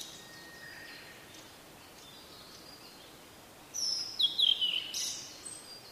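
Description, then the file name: Blue-and-white flycatcher: after a quiet start, a Blue-and-white flycatcher sings one short phrase of bright, high whistles with slurred notes over soft background noise. "oruri"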